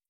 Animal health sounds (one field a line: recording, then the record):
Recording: hydrophone in a shrimp aquaculture tank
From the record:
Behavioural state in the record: feeding